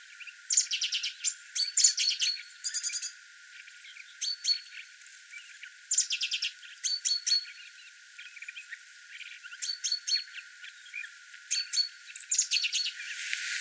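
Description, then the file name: Great tit calls as scratchy, rattling chatter bursts repeated throughout, mixed with short chips and a faint hiss at the end. "Parus major"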